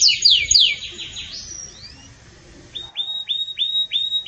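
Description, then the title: Canary song: fast falling sweeps, a drawn-out whistle, a short pause, then a series of clear rising ringing notes repeated about four times a second. Pure "campainha" (bell) song style with pauses, intended for training canaries. "Canto Canário Belga Campainha Puro Com Pausa Para Treinamento"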